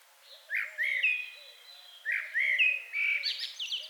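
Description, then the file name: Common blackbird producing short repeated fluted phrases with squeaky endings, while soft low notes run beneath. "Turdus merula"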